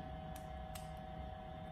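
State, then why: Seated. A waterproof headphone unit is pushed up into its plastic mounting clip, which goes on a goggle strap. One short click is heard at 0.8 s over a steady low hum, and the unit snaps into place.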